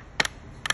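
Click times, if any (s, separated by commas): 0.2 s, 0.7 s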